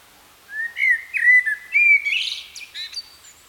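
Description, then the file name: Common blackbird song: a sequence of clear, melodic whistles, then a burst of rough, high chattering notes closes the phrase. "Turdus merula"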